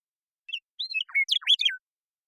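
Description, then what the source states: Western meadowlark singing one short phrase of bubbly, flute-like whistles that tumble up and down before a final falling note; nothing else audible. Song, in the Pacific Northwest, Washington, United States; isolated and processed, natural pace and rhythm kept.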